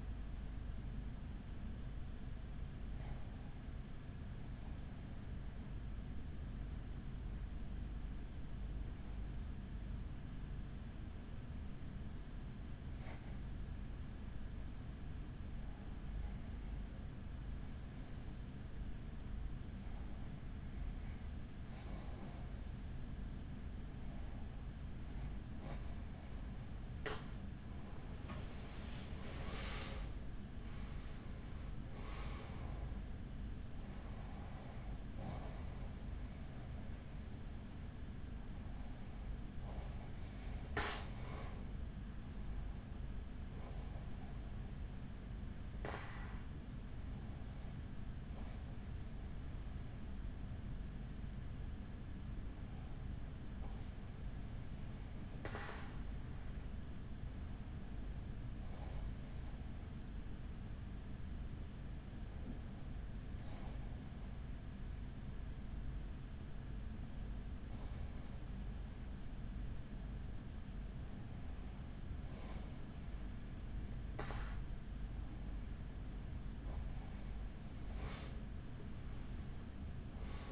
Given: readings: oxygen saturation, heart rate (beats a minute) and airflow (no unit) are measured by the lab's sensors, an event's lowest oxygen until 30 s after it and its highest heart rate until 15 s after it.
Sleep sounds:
breathing in sleep by a smartphone at the bedside; 1
11.00-27.90 s: hypopnea (N1, oxygen 94% highest, then 91% lowest, heart rate 45 at the start, 60 highest)
53.00-80.52 s: new sleep stage, REM sleep
From the record:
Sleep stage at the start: N1 (lightest sleep); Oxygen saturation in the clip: 91 to 95%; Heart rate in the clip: 41 to 60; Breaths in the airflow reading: 18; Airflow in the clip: -7.8 to 8.6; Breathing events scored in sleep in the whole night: 207 in 7.6 hours asleep

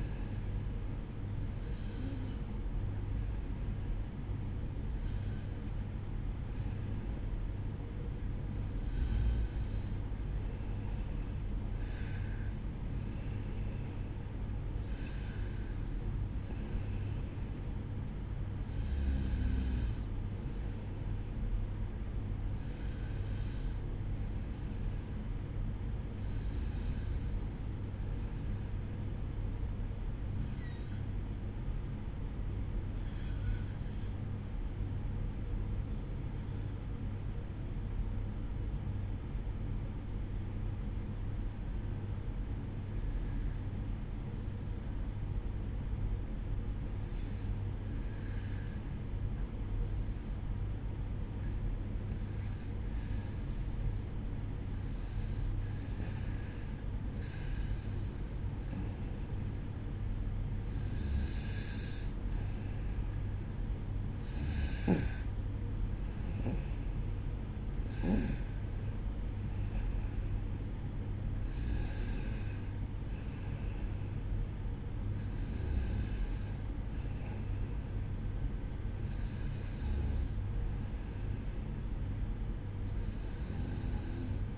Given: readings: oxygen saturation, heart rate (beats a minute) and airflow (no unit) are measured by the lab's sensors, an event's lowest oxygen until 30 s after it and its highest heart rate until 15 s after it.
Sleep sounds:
breathing in sleep by a smartphone at the bedside; 1
30.00-52.20 s: obstructive apnea (REM, oxygen 96% highest, then 92% lowest, heart rate 60 at the start, 67 highest)
From the record:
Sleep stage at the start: REM sleep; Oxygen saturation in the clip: 91 to 96%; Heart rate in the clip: 60 to 70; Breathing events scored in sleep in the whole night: 305 in 9.6 hours asleep

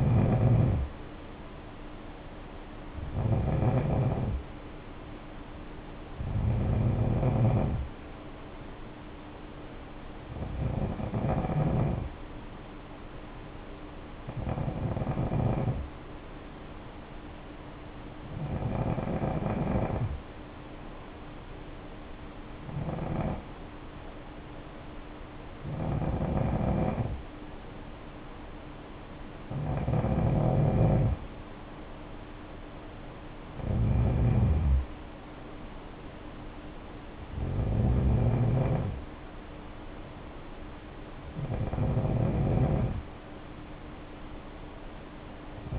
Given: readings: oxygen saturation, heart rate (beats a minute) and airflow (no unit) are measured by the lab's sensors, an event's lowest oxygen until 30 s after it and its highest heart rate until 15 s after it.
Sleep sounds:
breathing in sleep by a voice recorder at the bedside; 1
13.00-31.70 s: hypopnea (N2, oxygen 94% highest, then 91% lowest, heart rate 57 at the start, 66 highest)
From the record:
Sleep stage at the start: N2 (light sleep); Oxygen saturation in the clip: 90 to 94%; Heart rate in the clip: 53 to 66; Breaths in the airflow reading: 12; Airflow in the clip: -7.3 to 5.1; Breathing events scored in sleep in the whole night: 520 in 7.2 hours asleep

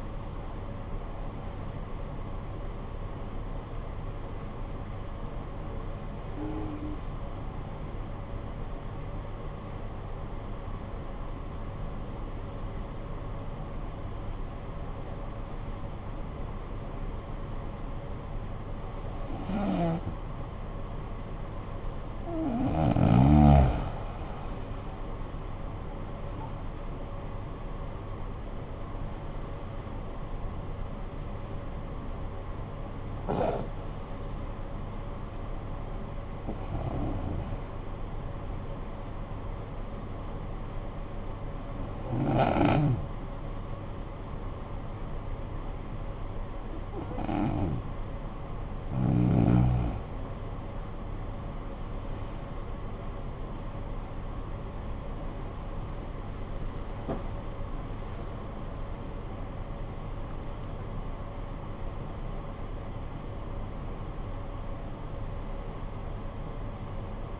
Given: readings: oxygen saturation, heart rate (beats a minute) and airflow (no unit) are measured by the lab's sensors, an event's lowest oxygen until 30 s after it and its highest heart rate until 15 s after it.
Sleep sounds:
breathing in sleep by a smartphone at the bedside; 2
8.00-23.10 s: hypopnea (N1, oxygen 95% highest, then 86% lowest, heart rate 52 at the start, 68 highest)
17.00-47.00 s: new sleep stage, N2 (light sleep)
42.00-54.80 s: hypopnea (N2, oxygen 95% highest, then 92% lowest, heart rate 57 at the start, 85 highest)
47.00-67.40 s: new sleep stage, N1 (lightest sleep)
From the record:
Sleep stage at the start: N1 (lightest sleep); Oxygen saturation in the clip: 86 to 95%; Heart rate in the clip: 51 to 85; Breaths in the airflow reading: 14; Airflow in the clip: -13.0 to 14.2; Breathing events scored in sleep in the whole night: 445 in 7.6 hours asleep

